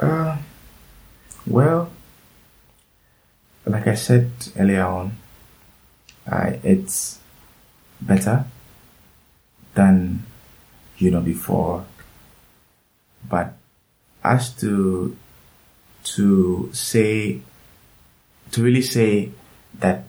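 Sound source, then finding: Adult male speaker. Stuttering.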